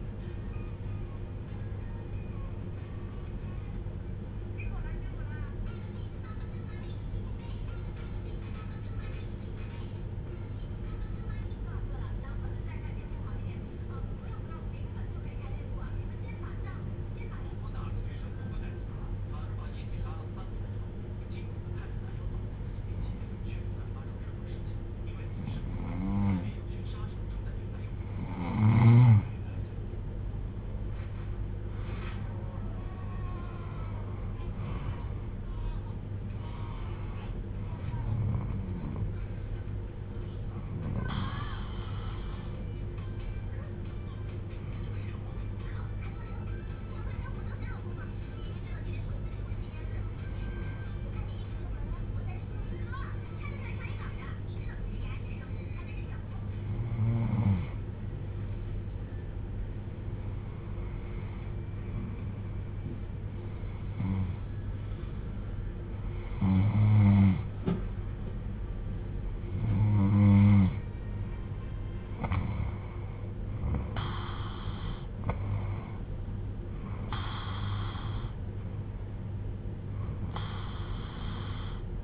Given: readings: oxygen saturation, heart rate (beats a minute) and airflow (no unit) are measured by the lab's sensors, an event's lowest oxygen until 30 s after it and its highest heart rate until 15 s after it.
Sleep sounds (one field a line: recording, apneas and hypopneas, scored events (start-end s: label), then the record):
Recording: breathing in sleep by a smartphone at the bedside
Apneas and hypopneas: 2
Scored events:
3.00-29.70 s: hypopnea (N2, oxygen 96% highest, then 87% lowest)
46.00-71.10 s: hypopnea (N2, oxygen 96% highest, then 91% lowest)
From the record:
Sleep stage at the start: N2 (light sleep)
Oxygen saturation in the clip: 86 to 96%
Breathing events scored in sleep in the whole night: 310 in 8.1 hours asleep